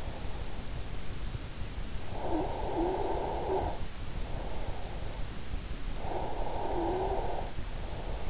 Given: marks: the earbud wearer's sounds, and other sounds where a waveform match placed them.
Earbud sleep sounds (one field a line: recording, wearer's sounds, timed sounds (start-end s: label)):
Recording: sounds in sleep by an in-ear microphone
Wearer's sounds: snoring breath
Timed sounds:
1.96-4.87 s: snoring breath
5.96-8.30 s: snoring breath